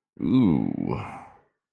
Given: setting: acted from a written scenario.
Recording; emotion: vocal sound without words; shame